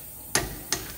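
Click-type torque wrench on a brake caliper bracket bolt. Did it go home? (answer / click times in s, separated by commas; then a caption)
yes / 0.4 s. A click-type torque wrench set to 80 lb-ft tightens a steel brake caliper bracket bolt. The wrench gives a sharp click at 0.4 s, confirming the bolt has reached the set torque, followed by a second, softer tick at 0.7 s against a quiet background.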